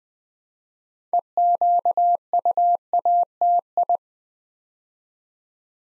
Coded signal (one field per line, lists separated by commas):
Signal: Morse code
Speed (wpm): 20 wpm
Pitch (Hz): 700 Hz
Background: none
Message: EQUATI